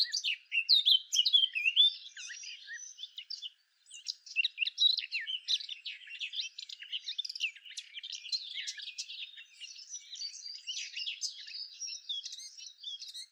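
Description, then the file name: Eurasian blackcap pouring out a steady rambling warble of high twittering notes, with one brief gap before the chatter resumes and carries on unbroken. "Sylvia atricapilla"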